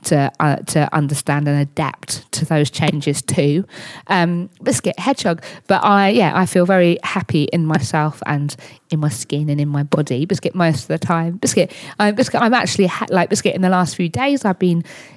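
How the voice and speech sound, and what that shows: Adult woman speaking with frequent Tourette syndrome vocal tics, the words "biscuit" and "hedgehog" repeatedly interrupting her fluent speech. Tourette's is a condition that goes up and down over the course of a life; she also has motor tics such as thumping her chest.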